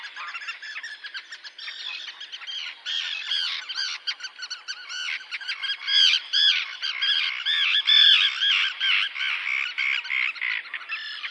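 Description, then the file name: Common tern calls: harsh, grating notes crowding over one another in a dense, continuous stream, growing louder in the second half. "rybitwarzeczna"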